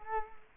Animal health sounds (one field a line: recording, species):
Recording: mosquito wingbeat signal from an infrared sensor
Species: Culex quinquefasciatus